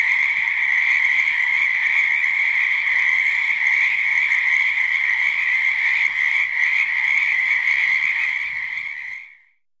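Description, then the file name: Frog chorus of many overlapping callers, a continuous buzzing drone with rapid pulsing, steady in loudness until it fades away in the last second. Many frogs calling in a swamp. "Boloto mnogo lyagushek"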